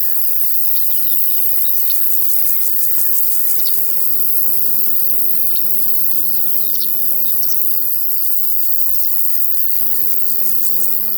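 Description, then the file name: Crickets keep up a steady, very high trill, with a low humming tone that stops and restarts. In a field. "Sounds from a Field Larks and Crickets"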